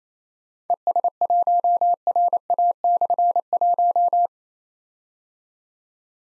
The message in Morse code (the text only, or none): ES1RA/1